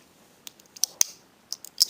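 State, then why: Not seated. A plastic peg on an Animated Deluxe Class Oil Slick transforming toy figure is fitted toward its matching hole, giving short, sharp plastic taps and clicks at about 0.5, 0.8, 1.0, 1.5 and 1.8 seconds. The peg has not clipped in; the part just rests in place.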